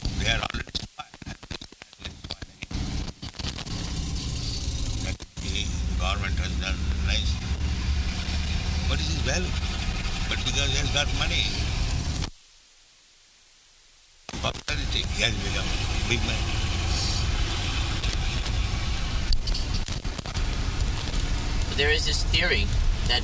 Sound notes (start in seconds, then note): 5.2 static; 11.4 static